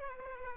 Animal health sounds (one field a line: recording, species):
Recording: mosquito wingbeat signal from an infrared sensor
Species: Aedes aegypti